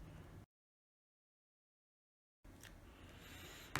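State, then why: Not seated. Someone presses the plastic housing clip of an Alcatel One Touch phone down into the phone frame during a charging port replacement, but it will not snap down, so they change approach to fit the right side first and then the left. Low background noise drops to total silence from about 0.5 to 2.4 s, then returns with a faint tick near 2.7 s and a sharp, loud tap at about 3.8 s. Nothing has seated or clicked yet.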